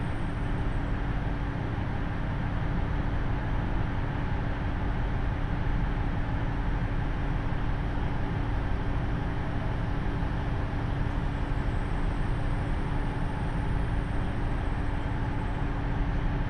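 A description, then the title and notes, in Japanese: A diesel railcar cruises along at steady speed, its low engine drone and rolling rumble constant throughout, with a faint high whine overhead. 太多線 美濃太田→多治見キハ75。そんな変わりやすい天気の中を多治見に向かって快走していきます。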